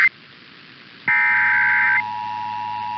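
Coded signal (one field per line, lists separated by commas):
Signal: Emergency Alert System (SAME) tones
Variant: header bursts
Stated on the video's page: Real Required Monthly Tests for Pennsylvania, Indiana and Kentucky.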